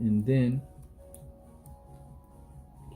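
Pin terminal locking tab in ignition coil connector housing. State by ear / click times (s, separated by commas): released / 1.1 s, 1.7 s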